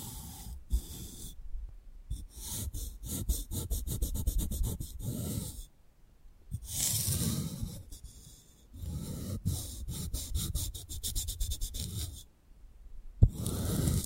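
Panoramic ear picking with props: rapid scratchy, rustling clicks in dense bursts, broken by brief silences near 2, 6, 8.5 and 12.5 seconds.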